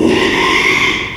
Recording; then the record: squeal of a Yucatan mini pig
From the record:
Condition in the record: after surgery on the right vocal fold (resection and tissue-engineered implant); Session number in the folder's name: 1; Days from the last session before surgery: 6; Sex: male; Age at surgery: 12 weeks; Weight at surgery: 13 kg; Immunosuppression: cyclosporine, prednisolone